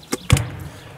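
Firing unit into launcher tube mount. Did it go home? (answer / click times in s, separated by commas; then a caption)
yes / 0.3 s. The firing block of a Panzerfaust 3 launcher, its handle hooked into the retaining fork on the tube, is pressed until it snaps into place with a sharp metallic click at 0.3 s. A softer tap comes at 0.1 s, and a second quick click at 0.4 s fades into a low rumble. The firing unit is seated on the launcher tube mount.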